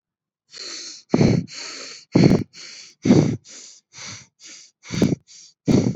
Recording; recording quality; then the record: deep breathing; excellent, no background noise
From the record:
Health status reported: exposed to COVID-19, no respiratory illness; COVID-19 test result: negative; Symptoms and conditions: fatigue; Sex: female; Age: 29 years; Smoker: not ticked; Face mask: not worn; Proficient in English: yes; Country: India